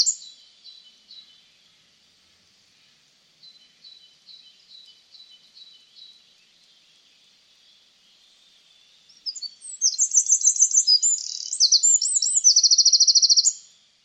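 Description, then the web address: Bird song: soft, faint high chirps repeated for several seconds, then a loud varied high-pitched phrase of sweeping notes ending in a fast, even trill. "Bird Only"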